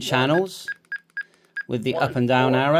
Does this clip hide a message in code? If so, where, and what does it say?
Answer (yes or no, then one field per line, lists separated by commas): no